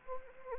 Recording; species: mosquito wingbeat signal from an infrared sensor; Anopheles arabiensis